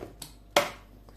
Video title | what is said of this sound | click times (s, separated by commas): Обзор Кофемолки Kitfort KT-717 #kitfort#китфорт | кутин до щелчка готово теперь | 0.6 s